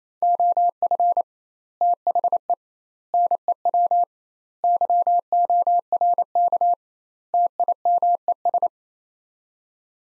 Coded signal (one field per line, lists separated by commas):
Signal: Morse code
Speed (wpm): 28 wpm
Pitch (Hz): 700 Hz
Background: none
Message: OF THE NEW YORK TIMES